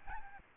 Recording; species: mosquito wingbeat signal from an infrared sensor; Aedes albopictus